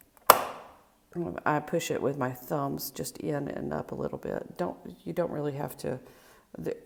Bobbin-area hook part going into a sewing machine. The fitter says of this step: this piece just snaps into place here